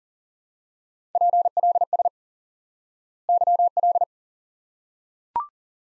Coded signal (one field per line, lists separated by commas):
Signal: Morse code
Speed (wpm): 40 wpm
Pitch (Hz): 700 Hz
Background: none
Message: PLS YL